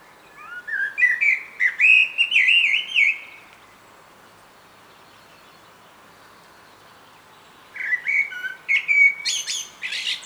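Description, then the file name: Common blackbird singing a mellow, fluting warble that breaks into thin, high chattering notes. After a long pause, a second fluty phrase ends in a squeaky flourish. "Turdus merula"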